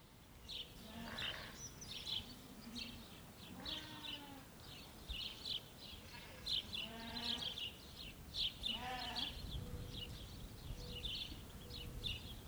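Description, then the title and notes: Sheep bleating several times from a small group, wavering calls scattered throughout, with constant busy chirping of sparrows above. Small group of sheep standing close together bleating in the backyard of a small farmstead in Marnach; lively sparrows in a nearby tree bush. "marnach, farmstead with sheeps. On the backyard of a small farmstead. A small group of sheeps standing close together blaaing plus the sound of the vivid sparrows from a tree bush nearby"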